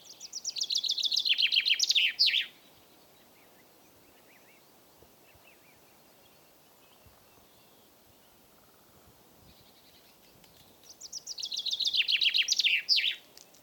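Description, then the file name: Common chaffinch delivering two loud descending trilled songs with flourished endings, roughly ten seconds apart, separated by near silence. "Fringilla coelebs"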